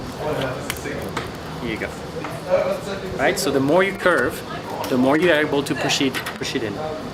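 A curved laser-cut wooden strip is pushed into its matching hole in a wooden panel while someone talks. Sharp snaps are heard at 0.7 s and 1.2 s as the strip snaps into the joint and seats.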